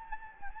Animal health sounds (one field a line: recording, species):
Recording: mosquito wingbeat signal from an infrared sensor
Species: Anopheles gambiae